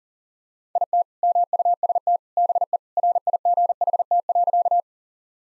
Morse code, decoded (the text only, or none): IT MUST BE RIGHT.